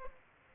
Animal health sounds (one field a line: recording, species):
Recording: mosquito wingbeat signal from an infrared sensor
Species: Aedes aegypti